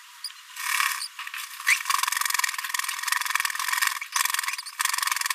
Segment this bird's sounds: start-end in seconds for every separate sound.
1.68-1.76